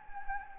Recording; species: mosquito wingbeat signal from an infrared sensor; Anopheles gambiae